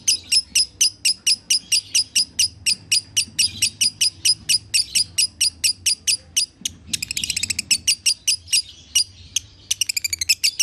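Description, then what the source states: Lovebird chirping in a fast even series, ending with quick rattling trill bursts. Used as a masteran (tutor recording) to make lovebirds sing konslet.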